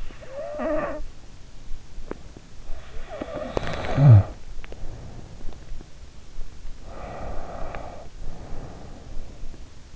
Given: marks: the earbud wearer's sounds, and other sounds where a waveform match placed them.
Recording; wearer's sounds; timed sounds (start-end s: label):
sounds in sleep by an in-ear microphone; snoring breath, teeth grinding, breath
0.00-1.04 s: snoring breath
2.09-5.98 s: teeth grinding
2.82-5.78 s: snoring breath
6.74-9.70 s: breath
7.67-7.82 s: teeth grinding